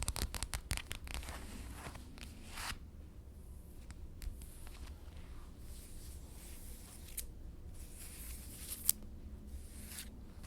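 Fabric of a dress rustles and scratches, with a dense burst of quick scrapes early on, then softer, scattered brushes and one sharp tick near nine seconds.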